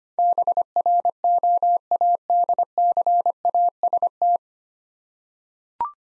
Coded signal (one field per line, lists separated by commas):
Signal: Morse code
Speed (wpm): 25 wpm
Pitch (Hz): 700 Hz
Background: none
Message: BROADCAST